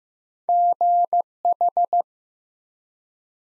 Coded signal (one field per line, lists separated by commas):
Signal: Morse code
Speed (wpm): 15 wpm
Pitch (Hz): 700 Hz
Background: none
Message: GH